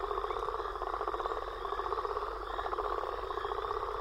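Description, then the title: Frogs and toads calling together, a thick buzzing trill with overlapping croaks and short chirps forming an unbroken wall of sound. Frog and toad chorus recorded after a storm. "Frog And Toad Chorus Post Storm With Thunder"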